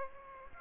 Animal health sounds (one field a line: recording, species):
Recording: mosquito wingbeat signal from an infrared sensor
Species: Aedes aegypti